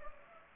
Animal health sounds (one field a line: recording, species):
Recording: mosquito wingbeat signal from an infrared sensor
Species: Culex pipiens